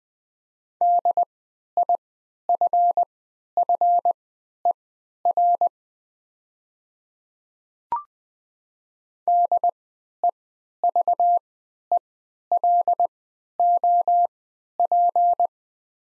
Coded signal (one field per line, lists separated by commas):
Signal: Morse code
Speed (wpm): 20 wpm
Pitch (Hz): 700 Hz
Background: none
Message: DIFFER DEVELOP